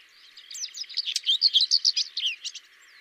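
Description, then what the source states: Common whitethroat song: a short, hurried burst of scratchy, buzzy notes in a tight warble. Song variant 5.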